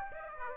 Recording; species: mosquito wingbeat signal from an infrared sensor; Aedes aegypti